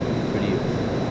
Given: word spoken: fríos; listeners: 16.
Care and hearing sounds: one Spanish word in noise, from a listening test; speech-shaped noise; -6.8 dB; 0 of 16; 9 of 16; 0.71 s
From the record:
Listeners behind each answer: 9, 2, 2, 2, 1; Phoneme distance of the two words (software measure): 17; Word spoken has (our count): 2 syllables, 5 phonemes, stress on syllable 1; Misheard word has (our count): 1 syllable, 4 phonemes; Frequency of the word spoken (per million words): 9.99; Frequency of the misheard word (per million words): 0.17

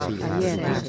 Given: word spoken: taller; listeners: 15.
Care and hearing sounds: one Spanish word in noise, from a listening test; eight-talker babble; 0.4 dB; 2 of 15; 7 of 15; 0.49 s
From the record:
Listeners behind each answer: 7, 2, 1, 1, 1, 1, 1, 1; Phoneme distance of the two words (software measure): 7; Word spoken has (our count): 2 syllables, 5 phonemes, stress on syllable 2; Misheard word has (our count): 2 syllables, 4 phonemes, stress on syllable 2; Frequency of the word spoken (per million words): 27.01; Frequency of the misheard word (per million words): 552.64

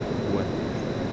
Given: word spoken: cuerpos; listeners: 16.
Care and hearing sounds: one Spanish word in noise, from a listening test; speech-shaped noise; -5.3 dB; 0 of 16; 10 of 16; 0.73 s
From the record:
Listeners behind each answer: 10, 1, 1, 1, 1, 1, 1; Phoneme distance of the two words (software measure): 10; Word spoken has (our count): 2 syllables, 7 phonemes, stress on syllable 1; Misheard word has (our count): 2 syllables, 7 phonemes, stress on syllable 1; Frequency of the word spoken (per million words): 54.51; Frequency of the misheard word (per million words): 6.72

